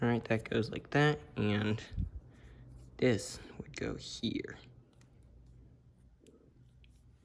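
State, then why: Seated. Someone talks while a watch band end is slid into the band slot on an Apple Watch Series 5 40mm case. After the talking stops, a very quiet click is heard at 6.8 seconds as the band locks in place, seated.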